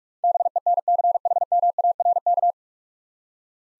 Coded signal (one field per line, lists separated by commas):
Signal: Morse code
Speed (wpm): 46 wpm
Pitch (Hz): 700 Hz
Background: none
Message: BENCHMARK